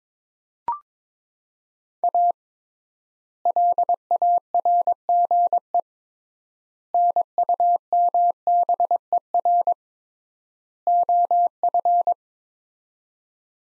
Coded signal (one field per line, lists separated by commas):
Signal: Morse code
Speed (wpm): 22 wpm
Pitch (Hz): 700 Hz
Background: none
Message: A LARGE NUMBER OF